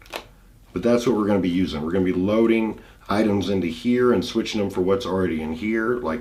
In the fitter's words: you can come over locks you can hear it snapping